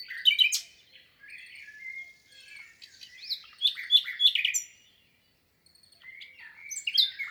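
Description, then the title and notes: Common nightingale song of varied rich phrases, with fast chattering notes and whistled slides, broken by a short silence before singing resumes. Song recorded 22 April 2020 at Lesches-en-Diois, France, the third recording since the birds' arrival, in silence from human noise; stereo, Nagra Seven recorder with MKH8040 microphones. "22 avril 2020-Lesches en diois_ Nagra seven - mkh8040 stéréo Cette année restera pour moi exceptionnelle pour le chant du Rossignol Philomène (Luscinia megarhynchos)"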